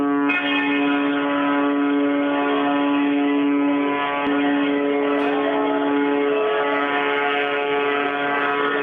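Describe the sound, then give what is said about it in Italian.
Ship sirens and port fire guard sirens blare together in the port of Palermo, Italy, joining a demonstration: a steady layered drone of deep sustained tones holding loud and unbroken for several seconds, with no voices. “Quelle che sentiamo sullo sfondo sono le sirene delle navi del porto di Palermo.”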